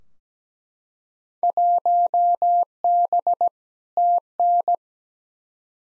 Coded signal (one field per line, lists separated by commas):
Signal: Morse code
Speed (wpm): 17 wpm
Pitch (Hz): 700 Hz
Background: none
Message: 1B TN